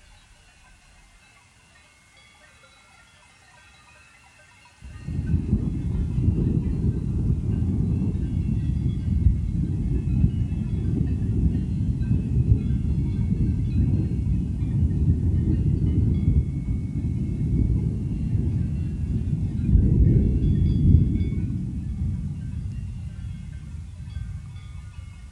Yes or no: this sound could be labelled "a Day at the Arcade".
no